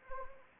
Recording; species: mosquito wingbeat signal from an infrared sensor; Anopheles arabiensis